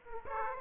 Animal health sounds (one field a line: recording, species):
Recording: mosquito wingbeat signal from an infrared sensor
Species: Aedes aegypti